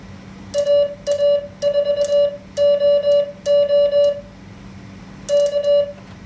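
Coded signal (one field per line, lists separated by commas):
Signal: Morse code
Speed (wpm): 21 wpm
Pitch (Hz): 580 Hz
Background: music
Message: AA4OO K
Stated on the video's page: Simulated Morse QSO practice generated by the QSO simulator in an MFJ-493 keyer.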